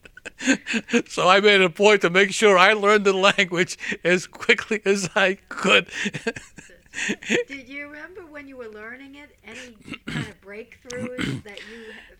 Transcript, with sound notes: So I made a point to make sure I learned the language as quickly as I could. (he laughs)
Do you remember when you were learning it any kind of breakthroughs that you